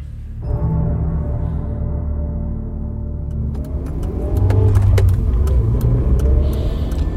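A car parked in front of a popular city-centre restaurant starts with a low rumble and idles steadily, then a few sharp clicks and knocks sound before the engine grows louder as the car pulls away.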